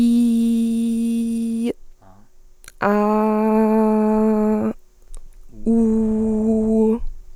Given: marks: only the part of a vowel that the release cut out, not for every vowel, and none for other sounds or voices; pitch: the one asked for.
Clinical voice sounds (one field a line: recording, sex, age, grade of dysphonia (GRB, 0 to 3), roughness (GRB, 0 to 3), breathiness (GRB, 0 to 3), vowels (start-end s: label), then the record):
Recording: sustained vowels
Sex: female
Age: 20 to 29 years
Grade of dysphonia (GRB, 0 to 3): 0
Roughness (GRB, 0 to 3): 0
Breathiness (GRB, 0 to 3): 0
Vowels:
0.00-1.60 s: vowel /i/, normal pitch
2.93-4.61 s: vowel /a/, normal pitch
5.74-6.89 s: vowel /u/, normal pitch
From the record:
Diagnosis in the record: healthy voice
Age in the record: 21 years